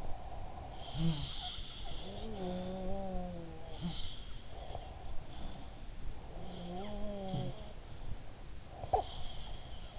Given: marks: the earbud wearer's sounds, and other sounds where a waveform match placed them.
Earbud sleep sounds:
sounds in sleep by an in-ear microphone; breath
0.00-1.71 s: breath
0.81-3.74 s: sound from someone else or the room
3.82-5.95 s: sound from someone else or the room
6.23-8.23 s: sound from someone else or the room
8.73-9.99 s: sound from someone else or the room

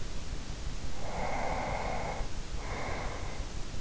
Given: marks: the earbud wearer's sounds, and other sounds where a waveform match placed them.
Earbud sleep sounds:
sounds in sleep by an in-ear microphone; breath
0.95-3.60 s: breath

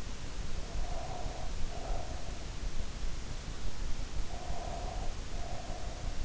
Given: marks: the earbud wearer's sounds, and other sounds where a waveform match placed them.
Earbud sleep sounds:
sounds in sleep by an in-ear microphone; breath
0.67-2.42 s: breath
4.26-5.98 s: breath

